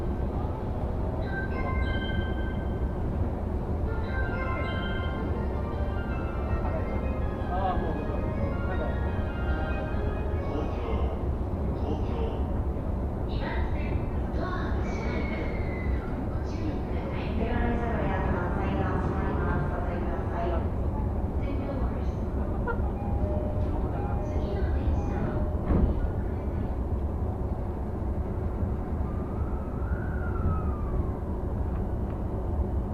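Riding a Tokyo commuter train, a constant low rumble and rattle of the carriage fills the whole clip at an even level. Passengers' voices and brief announcements drift in and out, with short squeals and tonal beeps around the middle and near the end.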